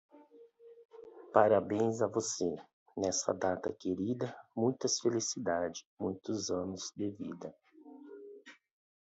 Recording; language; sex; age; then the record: short text; Brazilian Portuguese; male; 50 to 59 years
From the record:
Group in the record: control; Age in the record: 50 years